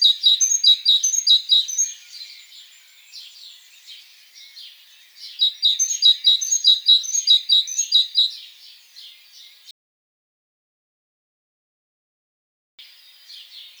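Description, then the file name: Great tit: two bouts of rapid, repeated high notes, followed by quieter notes, a silent gap and a few faint notes. "Parus major"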